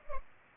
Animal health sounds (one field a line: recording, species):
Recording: mosquito wingbeat signal from an infrared sensor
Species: Culex pipiens